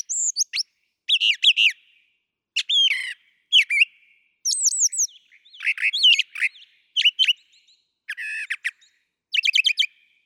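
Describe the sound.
Brown thrasher singing a rich sequence of harsh and sweet phrases, several doubled, shifting pitch from phrase to phrase with short gaps between.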